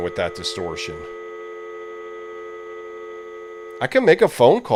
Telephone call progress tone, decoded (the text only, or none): dial tone